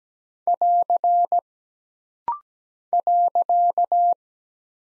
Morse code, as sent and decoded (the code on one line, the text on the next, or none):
.-.-. / .-.-.-
<AR> .